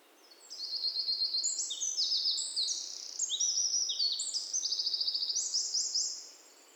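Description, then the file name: Eurasian wren pouring out a loud, high song of mixed rapid trills and piercing notes for about six seconds, then stopping. "Troglodytes troglodytes"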